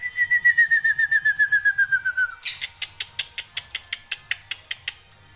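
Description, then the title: Black-winged myna song opening with a rapid trill of whistled pips slowly falling in pitch, then a steady series of sharp, evenly spaced clicking notes. Dense, non-stop song with many variations, used as a tutor recording for training songbirds. "Kicauan Rapat Jalak Putih Gacor Banyak Variasi Untuk Masteran"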